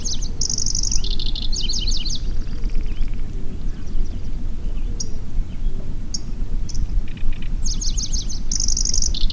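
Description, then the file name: Pallas's grasshopper warbler song: a rapid high phrase of rattling, buzzy notes opens and returns near the end, with isolated chips between, over heavy steady low rumble. "Golosa ptic - Pevchij sverchok Locustella certhiola"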